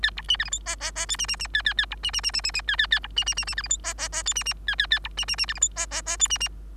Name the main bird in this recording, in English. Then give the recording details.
Bengalese Finch. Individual Bird3